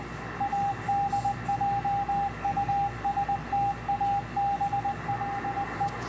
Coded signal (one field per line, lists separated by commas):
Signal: Morse code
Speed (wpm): 20 wpm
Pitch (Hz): 800 Hz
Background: radio noise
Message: ADJUSTABLE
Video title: Decoding Morse Code CW from W1AW 3581.5 Khz Shortwave